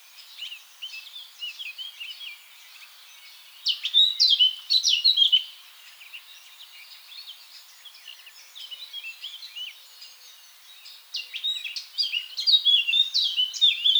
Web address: SETE data Sylvia atricapilla